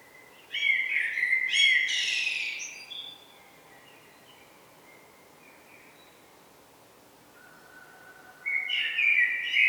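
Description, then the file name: Common blackbird song, two phrases: a mellow fluty warble ending in a thin high twitter, then quiet for several seconds before the next phrase begins. "Turdus merula"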